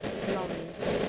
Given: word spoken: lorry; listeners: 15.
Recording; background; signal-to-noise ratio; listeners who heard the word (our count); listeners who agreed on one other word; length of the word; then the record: one English word in noise, from a listening test; noise modulated by three-talker babble; -4.6 dB; 2 of 15; 6 of 15; 0.69 s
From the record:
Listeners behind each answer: 6, 3, 2, 2, 1, 1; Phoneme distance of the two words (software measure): 27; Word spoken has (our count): 2 syllables, 4 phonemes, stress on syllable 1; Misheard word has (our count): 2 syllables, 5 phonemes, stress on syllable 1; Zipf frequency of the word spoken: 4.07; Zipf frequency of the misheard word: 3.41